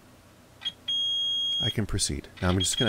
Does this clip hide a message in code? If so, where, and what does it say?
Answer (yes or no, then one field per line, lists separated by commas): no